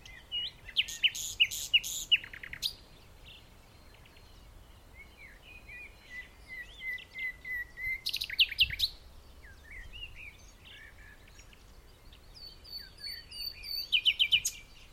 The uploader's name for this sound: Nightingale and joggers in the dunes (The Hague